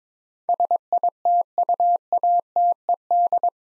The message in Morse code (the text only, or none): SITUATED